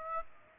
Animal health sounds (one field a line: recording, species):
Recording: mosquito wingbeat signal from an infrared sensor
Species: Aedes aegypti